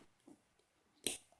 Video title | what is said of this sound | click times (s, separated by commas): Round Android 5.1 I2/KW88/Z9/S99 Watches Compared: 2-Build Quality | boom snaps back in screw it in | 1.1 s